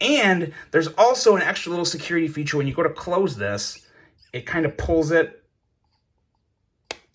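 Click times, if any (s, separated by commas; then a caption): 6.9 s. Someone talks while closing the bit-storage cap on a MEGAPRO 24-in-1 precision screwdriver handle; the cap pulls itself in. After a short silence it snaps shut with a single sharp click at 6.9 s, seating the cap so it stays closed and the bits don't fall out.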